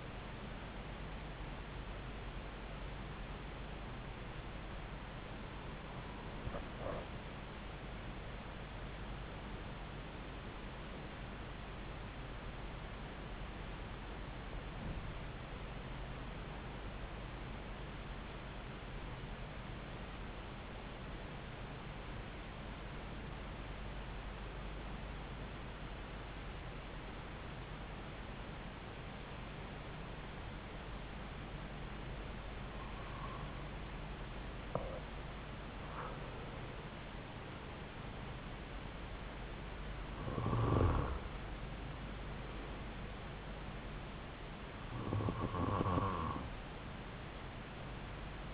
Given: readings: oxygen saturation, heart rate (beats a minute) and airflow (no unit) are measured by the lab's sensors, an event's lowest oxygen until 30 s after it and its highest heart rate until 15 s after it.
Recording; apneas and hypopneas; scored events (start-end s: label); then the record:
breathing in sleep by a voice recorder at the bedside; 1
14.00-36.10 s: hypopnea (N1, oxygen 97% highest, then 93% lowest)
25.00-48.54 s: new sleep stage, N2 (light sleep)
From the record:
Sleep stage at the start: N1 (lightest sleep); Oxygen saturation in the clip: 92 to 97%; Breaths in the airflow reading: 10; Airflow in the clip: -4.1 to 5.0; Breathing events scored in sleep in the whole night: 270 in 6.1 hours asleep